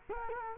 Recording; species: mosquito wingbeat signal from an infrared sensor; Culex quinquefasciatus